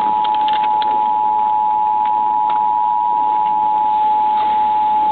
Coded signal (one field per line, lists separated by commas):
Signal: Emergency Alert System (SAME) tones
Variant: 853 and 960 Hz attention tone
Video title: 1st Test of the National Emergency Alert System 11 9 2011.AVI